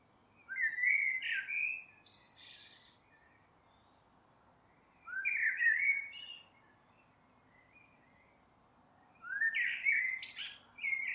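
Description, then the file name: Common blackbird delivering three relaxed fluted phrases with high chattering squeaks, separated by quiet pauses. "Turdus merula"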